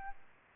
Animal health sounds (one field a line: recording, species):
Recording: mosquito wingbeat signal from an infrared sensor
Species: Aedes albopictus